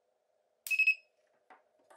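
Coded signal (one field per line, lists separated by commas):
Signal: none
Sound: spot welder mode beeps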